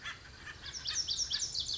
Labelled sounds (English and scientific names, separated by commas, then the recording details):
Pacific Wren (Troglodytes pacificus)
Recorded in Sonoma County, California